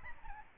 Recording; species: mosquito wingbeat signal from an infrared sensor; Aedes albopictus